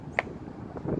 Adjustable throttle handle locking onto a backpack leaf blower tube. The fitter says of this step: the satisfying click out of it once